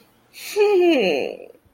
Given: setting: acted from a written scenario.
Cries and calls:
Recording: vocal sound without words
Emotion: distress

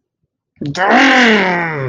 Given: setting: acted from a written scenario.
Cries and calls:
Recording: vocal sound without words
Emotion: anger

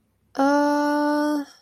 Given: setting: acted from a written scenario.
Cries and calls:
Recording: vocal sound without words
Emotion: negative surprise

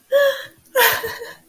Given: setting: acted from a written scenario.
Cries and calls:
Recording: vocal sound without words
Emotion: elation

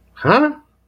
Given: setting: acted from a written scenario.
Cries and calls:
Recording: vocal sound without words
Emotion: confusion

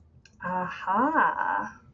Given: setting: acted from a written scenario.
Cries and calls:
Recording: vocal sound without words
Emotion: realization

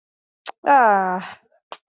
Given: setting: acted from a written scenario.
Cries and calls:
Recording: vocal sound without words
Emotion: contempt

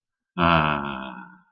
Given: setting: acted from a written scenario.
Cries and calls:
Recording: vocal sound without words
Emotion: contentment

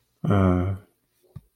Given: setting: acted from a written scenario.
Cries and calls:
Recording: vocal sound without words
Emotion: sympathy

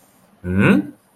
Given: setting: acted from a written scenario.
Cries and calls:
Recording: vocal sound without words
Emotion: confusion

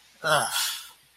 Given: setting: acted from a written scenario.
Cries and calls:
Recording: vocal sound without words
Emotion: contempt

